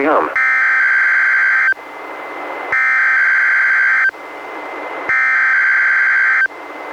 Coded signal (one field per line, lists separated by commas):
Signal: Emergency Alert System (SAME) tones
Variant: header bursts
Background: speech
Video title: EAS #299-304: 6 NWR Required Weekly Tests- Apr. 10-May 15, 2019